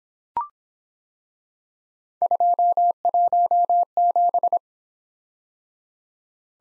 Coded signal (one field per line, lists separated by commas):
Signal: Morse code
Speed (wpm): 25 wpm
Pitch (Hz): 700 Hz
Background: none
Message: 217